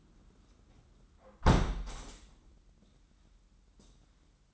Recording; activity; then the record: daily activity, microphone in the room; close window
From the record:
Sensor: 3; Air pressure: 994.3 hPa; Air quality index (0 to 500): 205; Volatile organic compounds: 1000 ppm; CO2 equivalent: 6849 ppm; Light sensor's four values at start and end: 98/231/94/87 and 89/214/85/78